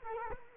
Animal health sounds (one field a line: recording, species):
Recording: mosquito wingbeat signal from an infrared sensor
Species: Culex quinquefasciatus